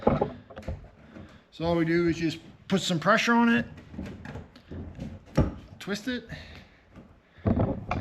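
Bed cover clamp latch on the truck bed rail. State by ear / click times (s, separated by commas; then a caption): seated / 7.9 s. A clamp latch on the aluminum DiamondBack truck bed cover of a first-generation (1995–2004) Toyota Tacoma is pressed down, its handle twisted, and then shut against the truck bed rail while someone talks. Short knocks and thunks of the hardware are heard, ending in a sharp click at 7.9 s as the latch locks in place.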